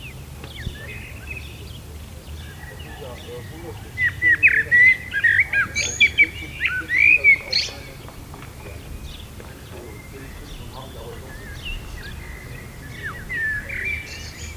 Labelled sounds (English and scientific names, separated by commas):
Common Blackbird (Turdus merula) song